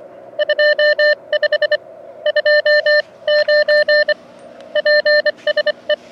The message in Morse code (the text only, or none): 25 2 9 PSE